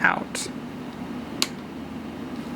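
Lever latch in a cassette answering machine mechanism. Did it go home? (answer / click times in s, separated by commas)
yes / 1.4 s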